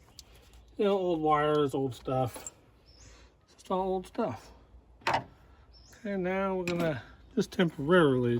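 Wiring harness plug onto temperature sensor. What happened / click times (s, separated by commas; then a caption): The plastic plug clicked onto the sensor / 0.2 s. An old plastic wiring harness plug is pushed onto the prong of a truck temperature sensor and clicks into place with a short, sharp snap at 0.2 s, followed by a fainter tap at 0.5 s. The plug is seated, though it was slow to click in because it is old. Someone then talks.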